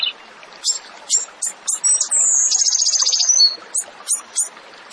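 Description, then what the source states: Tembakan bird song: spaced high chip notes, then a single extended buzzy trill that gently descends before the chips resume. Masteran training recording for songbirds; the bird is described as gacor, singing often and energetically.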